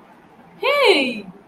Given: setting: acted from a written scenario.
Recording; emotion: vocal sound without words; positive surprise